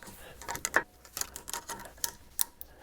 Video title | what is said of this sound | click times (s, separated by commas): Hoon Talk Auto: How to replace front brake pads and rotors - 2000 Nissan Xterra 3.3L | you hear it locking | 0.6 s, 2.0 s, 2.4 s